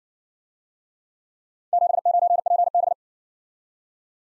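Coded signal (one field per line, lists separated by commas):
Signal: Morse code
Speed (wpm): 56 wpm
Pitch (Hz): 700 Hz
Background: none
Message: 79PB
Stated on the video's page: Morse practice of four-character letter-number groups, speed-racing format starting at 50 wpm and slowing to a base speed, final repeat at maximum speed.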